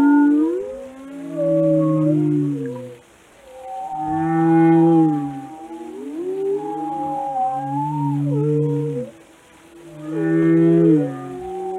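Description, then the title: Whale moans, deep tones with rich overtones swelling and fading several times, with higher sliding whistles that rise and dip. "Whale Watching: A Close Encounter with the Giants of the Sea"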